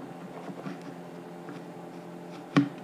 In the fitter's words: she'll pop into place like that you see how this little nubbing pops in